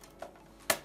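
The front cover (bezel) of a second-drive caddy is pressed into a laptop's optical drive bay. A faint tick comes near 0.2 s, then one sharp plastic snap at 0.7 s as the cover seats in place.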